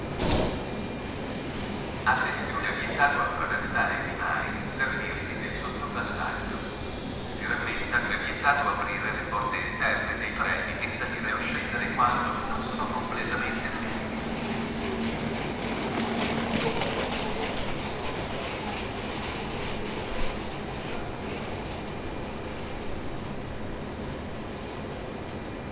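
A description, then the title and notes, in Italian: Inside a railway station, voices talk steadily over a constant low rumble and hum, with a thin high tone running throughout. Around the middle a train noise swells and hisses briefly near sixteen seconds, then the murmur and rumble carry on. Stazione Ferroviaria- "Ci Scusiamo Per Il Disagio" ("We Apologize For The Inconvenience").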